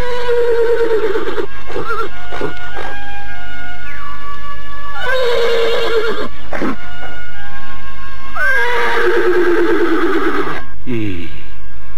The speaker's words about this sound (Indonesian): Aku mendengar suara ringkik seekor kuda di tengah hutan sana.